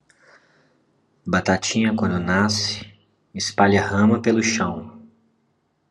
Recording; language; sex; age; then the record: short text; Brazilian Portuguese; male; 30 to 39 years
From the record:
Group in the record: control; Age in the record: 38 years